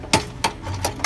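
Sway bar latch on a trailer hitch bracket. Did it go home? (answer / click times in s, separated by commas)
yes / 0.1 s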